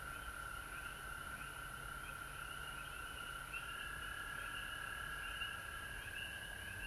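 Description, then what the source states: Frogs calling together, a constant buzzing trill with rapid upslurred peeps layered above it throughout. Recorded at home in Georgia on March 19, 2020.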